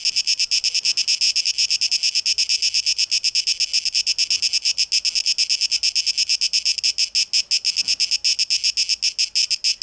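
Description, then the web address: Cicadas make a loud, high, throbbing buzz in quick pulses, with a few faint low knocks in the background. Cicadas on 12 August 2023. "rauschpartikel Audio 2023-08-12 Zikaden"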